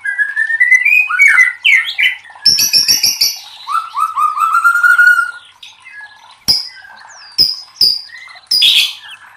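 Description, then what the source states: White-rumped shama song with a rising whistled run, then a rippling trill and scattered sharp chips and clicks separated by short gaps. Masteran (training recording for cage birds) of murai batu, titled 'Labaik'.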